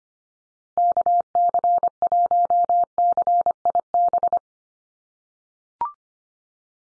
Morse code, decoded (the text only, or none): KC1CIB